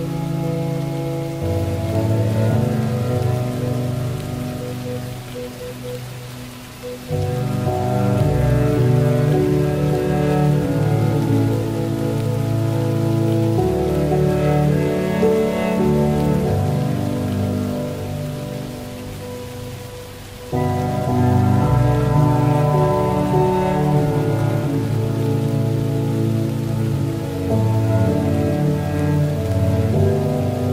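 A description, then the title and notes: Soft rain hisses steadily behind slow, low, sustained chords that swell and shift every several seconds, with clear changes near 7, 15 and 20 seconds. The music sits warm, the rain a fine, even patter underneath throughout. Dark academia atmosphere plus rain.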